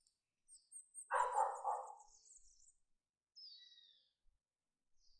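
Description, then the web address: Dog gives one rough, noisy barking burst lasting about a second, while birds whistle thin high notes before and after, including a clear falling whistle. Country village; birds singing; a dog kept by someone in the village. "il suono di un villaggio di campagna gli uccelli cantano qualcuno ha un cane che abbaia"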